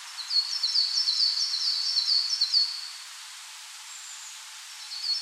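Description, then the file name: Coal tit song: a quick run of sharp, high paired notes for about three seconds, silence, then the phrase starting again. "Parus ater"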